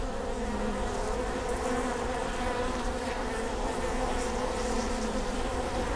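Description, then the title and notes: Honey bee hive hum, a constant low buzzing drone holding steady throughout. Bee hive at Prinzessinnengarten, Hermannstraße, Berlin, Germany; recorded with Sony PCM D50 and Primo EM172. "Prinzessinnengarten II, Hermannstraße, Berlin, Deutschland - bee hive. bee hive at Prinzessinnengarten (Sony PCM D50, Primo EM172)"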